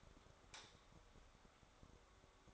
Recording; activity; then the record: daily activity, microphone in the room; light off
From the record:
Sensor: 3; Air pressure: 1010.2 hPa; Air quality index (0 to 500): 169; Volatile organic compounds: 10 ppm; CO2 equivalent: 2211 ppm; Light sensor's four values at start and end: 51/128/56/61 and 48/119/52/57